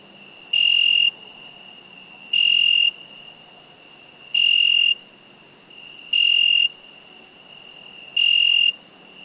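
Cricket calling in five sharp, high-pitched pulsed chirps, each about half a second, repeated roughly every two seconds over a faint steady trill.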